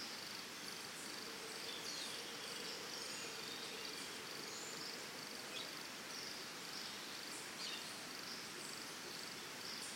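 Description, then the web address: Crickets trilling in a steady high chorus over a continuous noisy ambience. Early morning ambience recorded in Costa Rica, forest and jungle setting. "Big Room Sound Birds Crickets Costa Rica"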